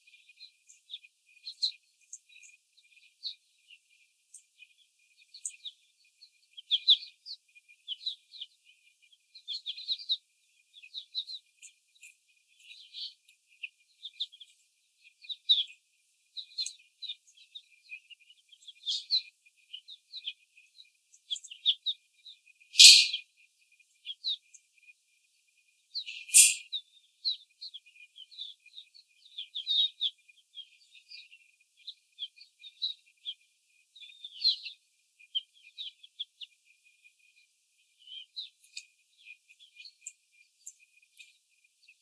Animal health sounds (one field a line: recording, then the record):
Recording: young laying hens in a cage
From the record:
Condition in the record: before the stressor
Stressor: simulated dog barking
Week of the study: 4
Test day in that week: 3